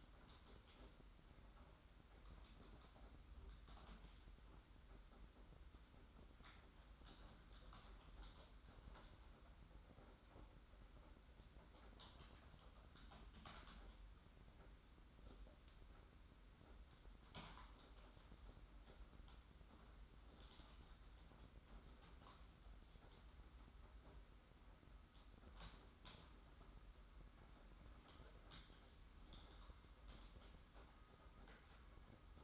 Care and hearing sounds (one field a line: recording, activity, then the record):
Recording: daily activity, microphone in the room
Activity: typing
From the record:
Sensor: 3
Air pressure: 991.7 hPa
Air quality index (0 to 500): 187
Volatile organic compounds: 1000 ppm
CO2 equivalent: 6277 ppm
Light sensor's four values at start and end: 33/95/39/33 and 33/95/39/33